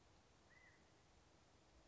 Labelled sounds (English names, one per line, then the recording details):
California Quail
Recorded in Sonoma County, California